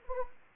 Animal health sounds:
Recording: mosquito wingbeat signal from an infrared sensor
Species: Anopheles gambiae

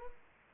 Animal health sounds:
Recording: mosquito wingbeat signal from an infrared sensor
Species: Culex pipiens

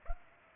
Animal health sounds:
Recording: mosquito wingbeat signal from an infrared sensor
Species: Culex pipiens

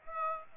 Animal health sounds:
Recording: mosquito wingbeat signal from an infrared sensor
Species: Aedes aegypti

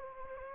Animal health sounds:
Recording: mosquito wingbeat signal from an infrared sensor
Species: Anopheles gambiae

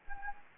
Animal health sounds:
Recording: mosquito wingbeat signal from an infrared sensor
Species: Anopheles gambiae

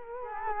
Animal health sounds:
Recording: mosquito wingbeat signal from an infrared sensor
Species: Culex quinquefasciatus

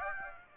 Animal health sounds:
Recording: mosquito wingbeat signal from an infrared sensor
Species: Aedes aegypti

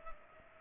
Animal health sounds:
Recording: mosquito wingbeat signal from an infrared sensor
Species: Culex pipiens

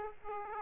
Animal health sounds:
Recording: mosquito wingbeat signal from an infrared sensor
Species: Aedes aegypti

